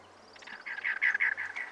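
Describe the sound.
Cactus wren song, a rapid string of rough, scratchy chugging notes delivered evenly after a quiet start. A faint high trill sounds in the background.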